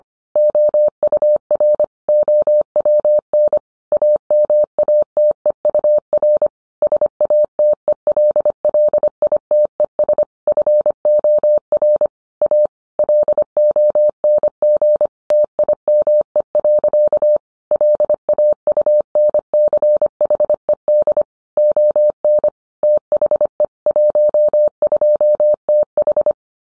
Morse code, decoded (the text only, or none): OUR OWN AMATEUR SATELLITES FOR A LONG TIME. LAUNCHED ON THE 12TH